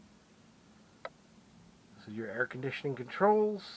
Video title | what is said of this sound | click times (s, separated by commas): Rockwood Freedom camper review | it just swings down and locks into place | 1.1 s